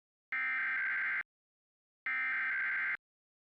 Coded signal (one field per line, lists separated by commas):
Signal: Emergency Alert System (SAME) tones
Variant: header bursts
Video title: Puerto Rico Emergency Alert System RWT 19/04/23